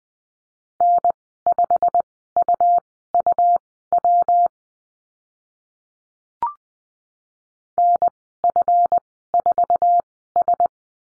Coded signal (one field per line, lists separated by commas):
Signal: Morse code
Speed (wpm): 20 wpm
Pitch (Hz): 700 Hz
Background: none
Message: N5UUW NF4S